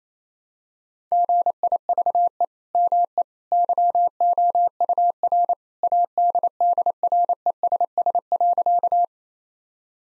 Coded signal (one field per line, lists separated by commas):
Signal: Morse code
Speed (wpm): 28 wpm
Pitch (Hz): 700 Hz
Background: none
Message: GIVE ME YOUR ADDRESS.